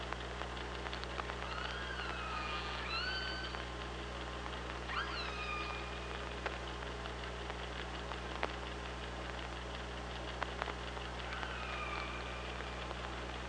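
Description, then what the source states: Killer whale pulsed calls, three harmonic cries with upswept and wavering tones spaced several seconds apart, against constant low hum, sharp clicks and background noise. Recorded on the OrcaLab hydrophone, 24 August 2017 at 05:33.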